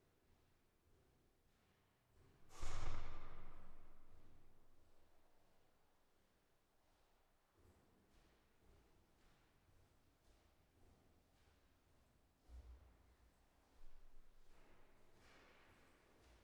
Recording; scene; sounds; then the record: everyday scene through a hearing-aid microphone; reverberant space; background noise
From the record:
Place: staircase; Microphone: behind the ear, left, rear